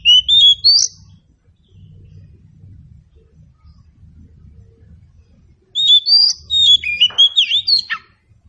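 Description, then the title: Oriental magpie-robin with a short whistled phrase, a quiet spell over low rumbling background, then a longer run of varied, slurred whistles. Local name kacer; meant to prompt a bird to sing in reply. "Nyaut Kacer"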